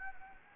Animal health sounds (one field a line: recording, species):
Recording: mosquito wingbeat signal from an infrared sensor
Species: Anopheles gambiae